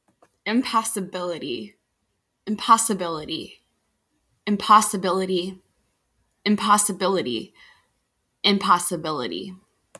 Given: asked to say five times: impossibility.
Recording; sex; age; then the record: repeated word; female; 20 to 29 years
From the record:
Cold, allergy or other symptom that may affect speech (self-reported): no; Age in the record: 29 years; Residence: Virginia, United States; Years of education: 16